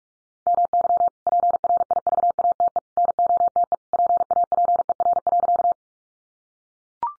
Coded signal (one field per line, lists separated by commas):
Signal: Morse code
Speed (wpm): 44 wpm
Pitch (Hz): 700 Hz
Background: none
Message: MY PRIVATE NOTE PAPER.